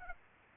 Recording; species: mosquito wingbeat signal from an infrared sensor; Aedes aegypti